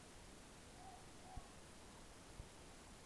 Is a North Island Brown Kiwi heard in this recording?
no